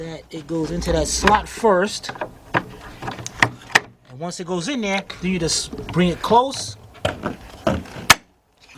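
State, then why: Seated. Someone talks while seating the plastic headlight access cover on a 2010 BMW 528i during a right headlight bulb replacement: its tab goes into the slot first, then the cover is brought closed against the headlight housing. Several light taps and knocks are heard along the way, and a sharp snap at 8.1 s marks the cover snapping into place.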